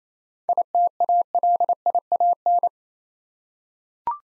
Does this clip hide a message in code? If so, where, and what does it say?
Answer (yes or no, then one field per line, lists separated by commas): yes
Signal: Morse code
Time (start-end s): 0.5-2.7 s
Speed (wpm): 27 wpm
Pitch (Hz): 700 Hz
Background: none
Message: ITALIAN